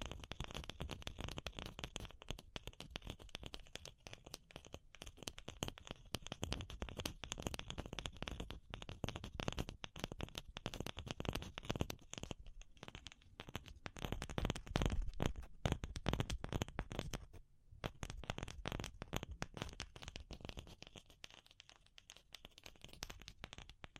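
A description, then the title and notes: Tapping fills the 24 seconds, densely packed sharp clicks that run fast for long stretches and thin out or slow in places, with a brief near-silent gap around 17 seconds. The taps are crisp and bright with a soft low thud beneath, and the loudness stays fairly even. ASMR Pure Tapping Fast and Slow (No Talking).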